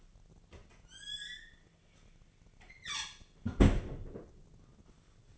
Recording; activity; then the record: daily activity, microphone in the room; close fridge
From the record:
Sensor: 4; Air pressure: 1010.5 hPa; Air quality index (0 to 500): 177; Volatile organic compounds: 5 ppm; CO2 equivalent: 1796 ppm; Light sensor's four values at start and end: 27/81/31/32 and 32/95/37/38